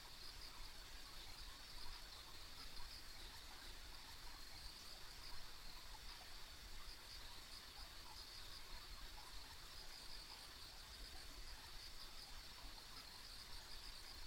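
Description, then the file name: Insects in a steady chorus, a continuous high shimmering band with faint pulsing, over a low rumbling background noise throughout. Ambient insect sounds recorded on a country road. "田舎道の虫の環境音"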